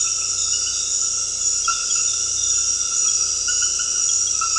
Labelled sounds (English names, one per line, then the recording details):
none
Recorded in dense forest near Puerto Asís, Putumayo, Colombia, on 19 February 2024 at 22:30
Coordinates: 0.485, -76.318
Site G6408